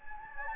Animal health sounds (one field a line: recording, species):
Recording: mosquito wingbeat signal from an infrared sensor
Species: Anopheles gambiae